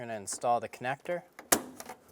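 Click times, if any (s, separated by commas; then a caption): 1.5 s. Someone talks while an electrical connector is pushed onto the fuel pump lock plate (access plate) of a 2003-2007 Infiniti G35 during a lock ring and gasket replacement. A sharp, loud click at 1.5 s shows the connector seating, and a light pull back confirms it is held in place.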